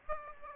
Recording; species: mosquito wingbeat signal from an infrared sensor; Aedes aegypti